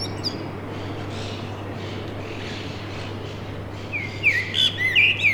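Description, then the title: Common blackbird: after several seconds of low hum and faint noise, a song phrase of fluty notes with squeaky high notes begins near the end. Singing to defend its territory; recorded from a balcony during the Covid-19 confinement. "merla"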